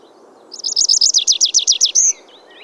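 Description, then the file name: Tree pipit song: a fast run of about ten repeated high trilled notes, ending in a short drawn-out whistle, with a faint low background hum. "Ruud van Beusekom - Lesnoj konyok Anthus trivialis"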